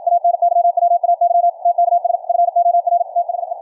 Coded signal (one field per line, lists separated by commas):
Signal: Morse code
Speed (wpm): 53 wpm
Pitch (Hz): 690 Hz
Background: radio noise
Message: ANYWAY TKS FOR THE